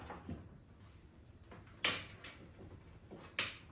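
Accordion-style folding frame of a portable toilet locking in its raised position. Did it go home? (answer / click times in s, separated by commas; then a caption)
yes / 1.8 s, 3.4 s. A collapsible accordion-style plastic portable toilet is raised until its folding frame locks in the open position. Two sharp plastic hits ring out at 1.9 s and 3.4 s, with fainter knocks in between. The frame ends up locked in place.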